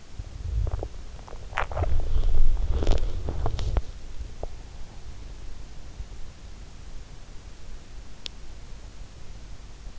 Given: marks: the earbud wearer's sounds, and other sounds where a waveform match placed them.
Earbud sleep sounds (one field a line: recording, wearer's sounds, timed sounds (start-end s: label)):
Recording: sounds in sleep by an in-ear microphone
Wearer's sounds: body movement, swallowing, teeth grinding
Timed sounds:
0.00-4.01 s: body movement
0.49-3.16 s: swallowing
4.19-4.68 s: teeth grinding